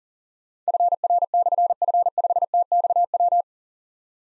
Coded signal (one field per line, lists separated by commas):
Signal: Morse code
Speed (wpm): 43 wpm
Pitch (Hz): 700 Hz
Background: none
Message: FR/F5TXW